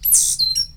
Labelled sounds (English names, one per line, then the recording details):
Stitchbird song
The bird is a male
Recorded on Tiritiri Matangi Island, New Zealand, in 2005
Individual 8, of nest box 10